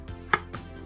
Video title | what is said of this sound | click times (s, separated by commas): Roof Rack Cross Bars Installation Guide for 2011 2018 Jeep Grand Cherokee ▎Yitamotor | has two little L shapes at the bottom so it goes down into the track locks | 0.3 s